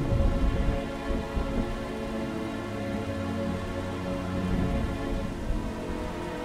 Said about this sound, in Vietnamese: Đêm đó mưa to gió lớn và Kim vẫn không dậy.